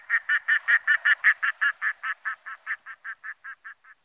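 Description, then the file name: Red-throated loon giving a fast, evenly spaced series of croaking, quacking notes, loud at first and gradually fading. "Smalom"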